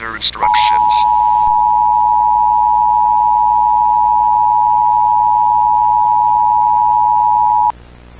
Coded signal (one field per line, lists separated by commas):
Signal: Emergency Alert System (SAME) tones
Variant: 853 and 960 Hz attention tone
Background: speech